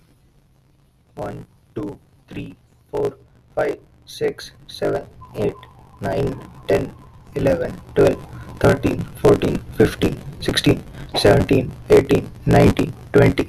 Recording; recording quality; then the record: counting at a normal pace; poor, much background noise or distortion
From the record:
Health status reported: healthy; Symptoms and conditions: none ticked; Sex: male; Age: 21 years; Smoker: not ticked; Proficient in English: yes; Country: India